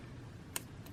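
A sealed bearing held by O-rings is pushed back into a metal bar spinner body, giving a sharp, bright tick at 0.6 s followed by a fainter tick at 0.9 s over low background hum. The bearing locks in place and is seated.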